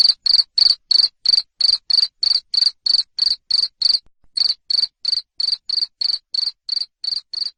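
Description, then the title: Cricket giving a rapid series of high, rasping chirps at about three per second, pausing briefly around four seconds before resuming. Loud cricket chirping played to make lovebirds sing (ngekek) continuously. "Suara JANGKRIK NGERIK Keras Bikin LOVEBIRD Jadi NGEKEK Terus Vubey"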